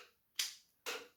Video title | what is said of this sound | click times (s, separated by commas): Transformers G1 Depticon seekers review | then you just put the nose back up again until you hear a click | 0.4 s